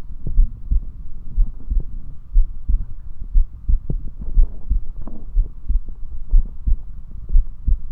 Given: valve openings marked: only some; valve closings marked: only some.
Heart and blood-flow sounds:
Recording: heart sounds by stethoscope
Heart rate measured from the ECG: 60 bpm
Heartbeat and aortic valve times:
0.39 s: heartbeat (ECG mark)
0.45 s: aortic valve opens (echo mark)
0.72 s: aortic valve closes (echo mark)
1.39 s: heartbeat (ECG mark)
2.36 s: heartbeat (ECG mark)
2.42 s: aortic valve opens (echo mark)
2.70 s: aortic valve closes (echo mark)
3.36 s: heartbeat (ECG mark)
3.42 s: aortic valve opens (echo mark)
3.70 s: aortic valve closes (echo mark)
4.38 s: heartbeat (ECG mark)
4.44 s: aortic valve opens (echo mark)
4.71 s: aortic valve closes (echo mark)
5.37 s: heartbeat (ECG mark)
6.34 s: heartbeat (ECG mark)
6.40 s: aortic valve opens (echo mark)
6.68 s: aortic valve closes (echo mark)
7.35 s: heartbeat (ECG mark)
7.41 s: aortic valve opens (echo mark)
From the record:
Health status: healthy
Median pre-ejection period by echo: 59 ms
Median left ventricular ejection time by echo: 278 ms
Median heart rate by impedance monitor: 60 bpm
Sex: male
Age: 21 years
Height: 174 cm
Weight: 70 kg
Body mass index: 23.12

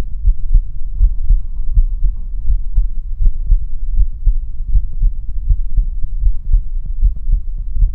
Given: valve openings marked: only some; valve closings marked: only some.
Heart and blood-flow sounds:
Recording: heart sounds by stethoscope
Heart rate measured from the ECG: 80 bpm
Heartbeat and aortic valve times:
0.26 s: heartbeat (ECG mark)
0.55 s: aortic valve closes (echo mark)
1.01 s: heartbeat (ECG mark)
1.30 s: aortic valve closes (echo mark)
1.75 s: heartbeat (ECG mark)
1.82 s: aortic valve opens (echo mark)
2.48 s: heartbeat (ECG mark)
3.22 s: heartbeat (ECG mark)
3.98 s: heartbeat (ECG mark)
4.73 s: heartbeat (ECG mark)
5.48 s: heartbeat (ECG mark)
5.55 s: aortic valve opens (echo mark)
5.78 s: aortic valve closes (echo mark)
6.24 s: heartbeat (ECG mark)
7.03 s: heartbeat (ECG mark)
7.80 s: heartbeat (ECG mark)
From the record:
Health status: healthy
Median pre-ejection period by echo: 68 ms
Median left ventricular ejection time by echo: 227 ms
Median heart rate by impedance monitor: 79 bpm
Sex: male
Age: 20 years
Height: 181 cm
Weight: 74 kg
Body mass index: 22.59

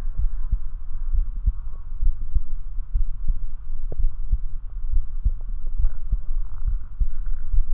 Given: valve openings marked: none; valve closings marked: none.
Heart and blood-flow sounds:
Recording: heart sounds by stethoscope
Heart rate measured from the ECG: 65 bpm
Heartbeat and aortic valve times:
0.21 s: heartbeat (ECG mark)
1.17 s: heartbeat (ECG mark)
2.05 s: heartbeat (ECG mark)
2.98 s: heartbeat (ECG mark)
4.02 s: heartbeat (ECG mark)
4.95 s: heartbeat (ECG mark)
5.82 s: heartbeat (ECG mark)
6.70 s: heartbeat (ECG mark)
7.56 s: heartbeat (ECG mark)
From the record:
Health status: healthy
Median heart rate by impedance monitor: 68 bpm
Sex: male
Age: 29 years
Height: 170 cm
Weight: 92 kg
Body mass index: 31.83

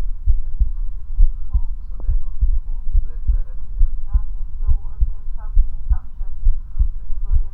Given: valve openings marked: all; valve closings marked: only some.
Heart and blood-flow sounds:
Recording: heart sounds by stethoscope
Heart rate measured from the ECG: 68 bpm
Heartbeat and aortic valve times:
0.29 s: heartbeat (ECG mark)
0.32 s: aortic valve opens (echo mark)
0.60 s: aortic valve closes (echo mark)
1.22 s: heartbeat (ECG mark)
1.25 s: aortic valve opens (echo mark)
1.54 s: aortic valve closes (echo mark)
2.10 s: heartbeat (ECG mark)
2.15 s: aortic valve opens (echo mark)
2.43 s: aortic valve closes (echo mark)
2.96 s: heartbeat (ECG mark)
3.00 s: aortic valve opens (echo mark)
3.29 s: aortic valve closes (echo mark)
3.82 s: heartbeat (ECG mark)
3.86 s: aortic valve opens (echo mark)
4.14 s: aortic valve closes (echo mark)
4.70 s: heartbeat (ECG mark)
4.74 s: aortic valve opens (echo mark)
5.01 s: aortic valve closes (echo mark)
5.58 s: heartbeat (ECG mark)
5.63 s: aortic valve opens (echo mark)
5.91 s: aortic valve closes (echo mark)
6.48 s: heartbeat (ECG mark)
6.51 s: aortic valve opens (echo mark)
6.81 s: aortic valve closes (echo mark)
7.35 s: heartbeat (ECG mark)
7.39 s: aortic valve opens (echo mark)
From the record:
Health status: healthy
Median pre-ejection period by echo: 41 ms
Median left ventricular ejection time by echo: 286 ms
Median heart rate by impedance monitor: 69 bpm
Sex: male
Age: 19 years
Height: 179 cm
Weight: 78 kg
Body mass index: 24.34

